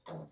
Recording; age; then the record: pig call; piglet (1 to 25 days)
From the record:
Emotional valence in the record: negative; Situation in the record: restrain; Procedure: back test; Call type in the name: low-frequency call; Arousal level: maximum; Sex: female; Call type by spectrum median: low-frequency call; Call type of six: low-frequency stable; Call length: 0.31 s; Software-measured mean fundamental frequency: 52 Hz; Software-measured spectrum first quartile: 260 Hz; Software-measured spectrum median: 568 Hz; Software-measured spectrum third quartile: 1443 Hz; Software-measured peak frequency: 162 Hz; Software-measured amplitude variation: 181 dB a second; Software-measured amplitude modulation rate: 16.0 a second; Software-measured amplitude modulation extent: 11.3 dB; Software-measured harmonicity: 2.6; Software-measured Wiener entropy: -1.00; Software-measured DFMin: 970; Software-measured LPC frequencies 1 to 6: 536, 1909, 3465, 4185, 5379, 6304 Hz